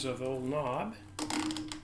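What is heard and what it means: The clamp knob on an embroidery hoop fitted to a Bernina B990 embroidery machine is handled while someone talks over the first second. From about 1.2 s a few short, sharp ticks and rattles are heard as the knob is turned. Nothing has seated or clicked into place yet.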